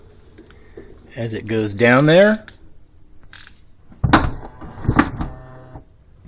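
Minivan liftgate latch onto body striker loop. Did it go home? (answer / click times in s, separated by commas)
yes / 5.0 s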